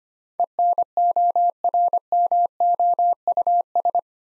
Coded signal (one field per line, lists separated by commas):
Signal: Morse code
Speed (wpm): 25 wpm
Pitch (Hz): 700 Hz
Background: none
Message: ENORMOUS